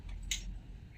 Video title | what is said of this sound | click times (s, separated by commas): Work At Height TKBT Level 2 Batch 26 - 28 Jan 2026 Public Training PT. CIGMA INDONESIA Jak-Tim | Di situ ada bunyi klik. Berarti otomatiknya sudah nonaktif ya. | 0.3 s